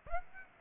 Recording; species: mosquito wingbeat signal from an infrared sensor; Aedes aegypti